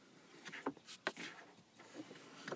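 A cabin air filter is being pushed back into its HVAC filter housing behind the glove box of a 2006 Honda. Brief scraping and tapping handling sounds are heard, with sharper knocks around 0.7 s, 1.1 s and 2.5 s. Nothing has seated or clicked yet.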